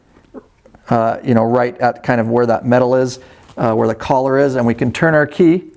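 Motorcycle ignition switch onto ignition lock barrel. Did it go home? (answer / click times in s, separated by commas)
no / none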